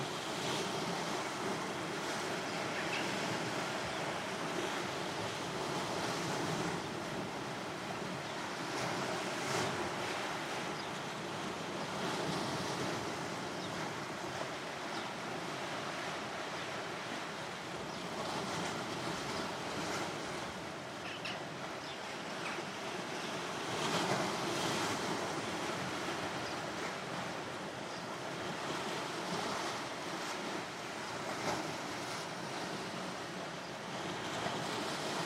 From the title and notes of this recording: This large rock formation off a pebbly beach is the birthplace of Aphrodite in Greek mythology. Recorded by Marcel Gnauk.